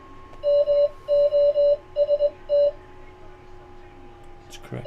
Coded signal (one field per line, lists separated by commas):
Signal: Morse code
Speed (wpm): 20 wpm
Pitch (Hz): 580 Hz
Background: speech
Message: MOST